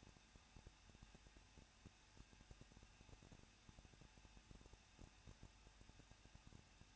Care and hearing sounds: daily activity, microphone in the room; no activity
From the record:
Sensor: 2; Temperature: 21.0 degrees Celsius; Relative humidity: 37.4%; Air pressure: 1006.2 hPa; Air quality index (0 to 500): 221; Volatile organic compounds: 24 ppm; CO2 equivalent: 2801 ppm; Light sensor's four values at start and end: 2/3/2/2 and 2/3/2/2

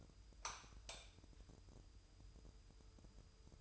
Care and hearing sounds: daily activity, microphone in the room; light on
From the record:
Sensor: 2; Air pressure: 988.3 hPa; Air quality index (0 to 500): 192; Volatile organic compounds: 195 ppm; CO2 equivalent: 4196 ppm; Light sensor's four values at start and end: 6/16/6/7 and 11/34/13/13

